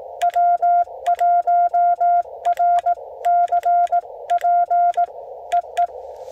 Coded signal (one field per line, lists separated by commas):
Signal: Morse code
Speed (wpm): 18 wpm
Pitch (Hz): 700 Hz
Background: none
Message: W1RCP EE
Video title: Quick QRP CW Parks on the Air with @ae4xo and KQ4GEC Shenanigans